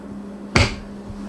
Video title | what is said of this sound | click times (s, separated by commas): Aldi Finds Review - Immersion Blender with food chopper and whisk | So I wait until I get it all locked in place, | 0.6 s